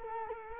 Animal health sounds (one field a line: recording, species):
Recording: mosquito wingbeat signal from an infrared sensor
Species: Culex quinquefasciatus